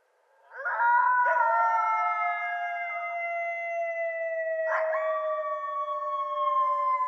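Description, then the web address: Coyote howl as a long, steady, harmonic-rich tone held for several seconds, with a brief break midway. Coyotes recorded at night on 6 March 2013. "Coyote 2013 03 06 Coyotes night-sounds"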